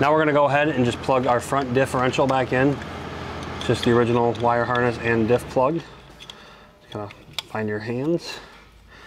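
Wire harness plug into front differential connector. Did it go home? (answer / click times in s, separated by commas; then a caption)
no / none. Someone talks while pushing the original wire harness plug back onto the front differential connector of a Toyota Tundra during a 7-inch lift install. A short, sharp, quiet hit comes at about 6.3 s, but the plug has not yet seated or clicked in when the clip ends.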